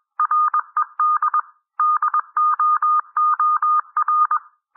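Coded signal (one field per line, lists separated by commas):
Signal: Morse code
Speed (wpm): 21 wpm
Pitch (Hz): 1220 Hz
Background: none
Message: RED DOOR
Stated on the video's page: Morse reading practice at 18 to 21 wpm.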